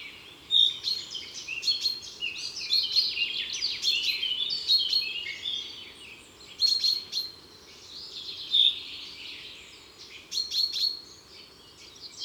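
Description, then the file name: Common chaffinch calls, loud short bright notes repeated at irregular intervals over a busy chorus of other high chirping birds. Calls recorded in the Drôme, France. "Pinson des abres cris Concerts Naturels de la Drome Studio les Trois Becs"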